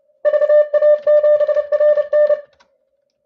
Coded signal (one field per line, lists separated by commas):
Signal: Morse code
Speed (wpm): 32 wpm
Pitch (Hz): 600 Hz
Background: none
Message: VA7RN